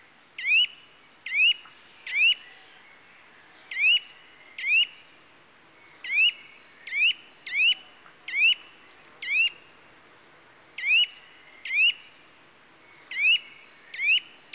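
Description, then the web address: Eurasian nuthatch giving many loud, sharp rising whistled calls in an irregular series, over a quiet background. "The BBC Sound Effects Library - Complete 60 CDs Collection. Nuthatch (Sitta Europaea) Calls"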